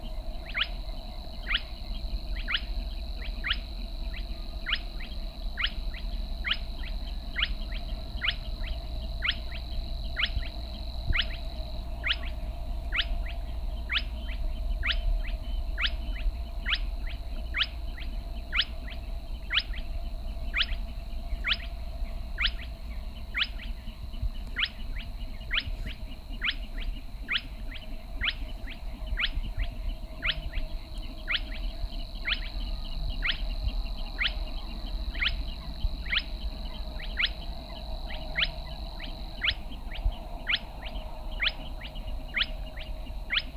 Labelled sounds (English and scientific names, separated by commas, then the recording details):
Spotted Crake (Porzana porzana)
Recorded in the wild
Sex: male
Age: adult
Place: Kützerhof, Kummerower See, Mecklenburg-Vorpommern, DE
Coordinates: 53.8347, 12.8467
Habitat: wetland
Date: 2009-05-05
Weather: heiter, fast windstill, 6°C
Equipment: Sound Devices 702, Sennheiser MKH 70, Rycote Windschutz
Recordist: Frommolt, Karl-Heinz